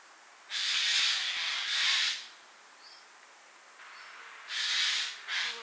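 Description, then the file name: Eurasian jay uttering hoarse screeching calls, two long rasping ones, a pause with faint thin chirps, then two more. "Garrulus glandarius"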